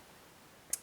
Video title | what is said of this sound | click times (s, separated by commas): 1087 ABUS D10 GANZUADO Y EXPLICADO sub eng | let's go with this sixth, there I already hear it jump, a click and a small advance, when | 0.7 s